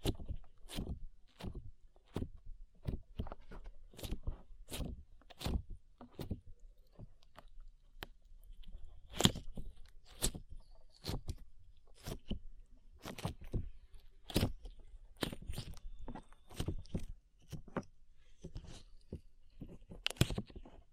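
Slime being squeezed and pressed gives a steady run of sharp, sticky pops and crackles, roughly two or three per second for the whole clip. Each snap is brief and crisp, with quieter squelching between them and no other sounds.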